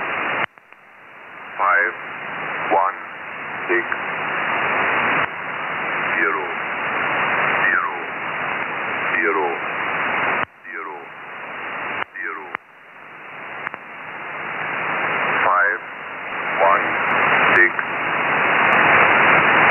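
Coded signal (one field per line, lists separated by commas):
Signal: numbers station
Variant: E06, English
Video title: Number Station E06, Russian intelligence, in English.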